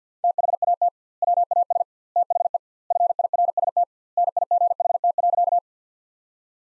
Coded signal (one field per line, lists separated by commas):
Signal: Morse code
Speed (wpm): 50 wpm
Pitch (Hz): 700 Hz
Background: none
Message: THAT WAS THE FIRST NIGHT.